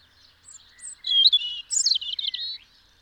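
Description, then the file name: European robin song phrase: thin high whistles leading into a rapid, rippling cascade of sweet, wavering notes that ends abruptly. "Erithacus rubecula"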